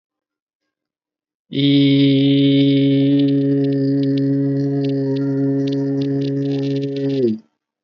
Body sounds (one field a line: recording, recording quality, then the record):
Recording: sustained vowel as in beet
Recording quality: excellent, no background noise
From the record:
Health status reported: healthy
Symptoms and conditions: none ticked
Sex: male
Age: 29 years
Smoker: not ticked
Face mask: not worn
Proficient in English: no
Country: India